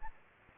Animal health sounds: mosquito wingbeat signal from an infrared sensor; Aedes aegypti

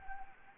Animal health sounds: mosquito wingbeat signal from an infrared sensor; Anopheles arabiensis

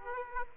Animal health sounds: mosquito wingbeat signal from an infrared sensor; Aedes aegypti

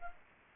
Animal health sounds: mosquito wingbeat signal from an infrared sensor; Culex pipiens

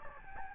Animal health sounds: mosquito wingbeat signal from an infrared sensor; Aedes albopictus

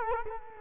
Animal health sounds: mosquito wingbeat signal from an infrared sensor; Culex quinquefasciatus

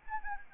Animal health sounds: mosquito wingbeat signal from an infrared sensor; Anopheles arabiensis

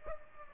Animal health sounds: mosquito wingbeat signal from an infrared sensor; Aedes aegypti

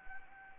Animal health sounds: mosquito wingbeat signal from an infrared sensor; Anopheles gambiae

